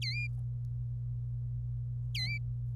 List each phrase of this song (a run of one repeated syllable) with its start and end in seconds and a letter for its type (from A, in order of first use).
0.02-0.27 A, 2.15-2.38 A